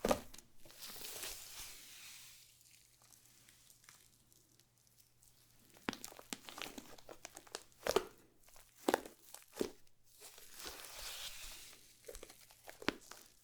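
Slime being squished and stretched gives wet crinkly crackles in uneven bursts, busiest near the start and after six seconds, with a faint steady hum.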